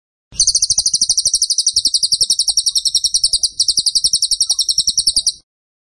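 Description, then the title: Tembakan bird song: one continuous five-second run of fast, high-pitched, buzzy pulsed notes, evenly repeated with a brief dip midway. Energetic, vocal (gacor) tembakan bird used for masteran song training. "Masteran Burung Tembakan Gacor"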